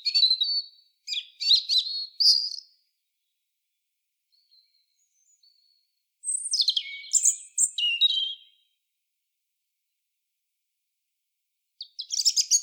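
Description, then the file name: European robin: brief bursts of high, sweet, tinkling notes and thin trills, with several seconds of near silence between phrases. "Erithacus rubecula"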